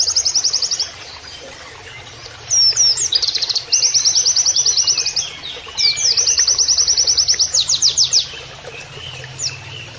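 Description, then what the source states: White-eye delivering several rapid high trill phrases, some starting with twisting whistled notes, separated by brief pauses, faint low hum underneath. Masteran (training) recording of a gacor (persistently singing) white-eye (pleci) delivering canary-like phrases (nembak kenarian).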